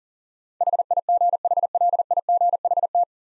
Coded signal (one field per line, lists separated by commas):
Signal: Morse code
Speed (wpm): 38 wpm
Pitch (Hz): 700 Hz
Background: none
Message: HIGHLIGHT